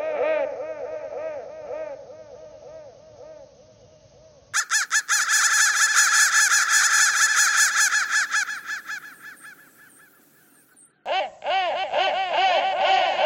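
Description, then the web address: Crow giving rapid harsh, nasal caws, a lower series, then a louder higher-pitched run that fades, and finally a lower burst again. "soundfactory crow 1"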